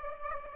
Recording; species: mosquito wingbeat signal from an infrared sensor; Aedes aegypti